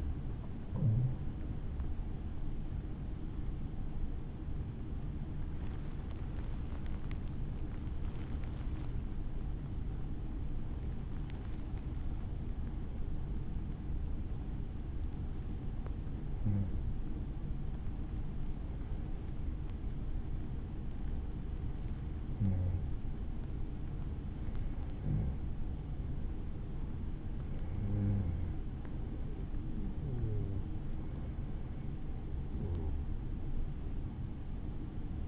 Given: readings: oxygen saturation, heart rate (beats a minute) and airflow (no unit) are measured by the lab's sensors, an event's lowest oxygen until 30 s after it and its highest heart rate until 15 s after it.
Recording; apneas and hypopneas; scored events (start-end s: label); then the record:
breathing in sleep by a smartphone at the bedside; 1
6.00-22.20 s: hypopnea (N1, oxygen 97% highest, then 93% lowest, heart rate 79 at the start, 79 highest)
24.00-35.28 s: new sleep stage, N2 (light sleep)
From the record:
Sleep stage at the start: N1 (lightest sleep); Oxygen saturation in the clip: 93 to 97%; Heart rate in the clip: 49 to 85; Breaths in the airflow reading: 11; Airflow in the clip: -8.2 to 8.1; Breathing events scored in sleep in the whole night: 216 in 7.0 hours asleep